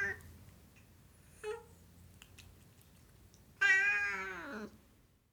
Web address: The BBC Sound Effects Library. Siamese Cat Meowing